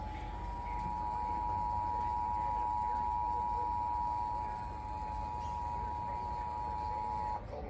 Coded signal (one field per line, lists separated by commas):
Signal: Emergency Alert System (SAME) tones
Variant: 853 and 960 Hz attention tone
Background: speech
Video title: Severe Thunderstorm Warning on FOX 29 (EAS #11)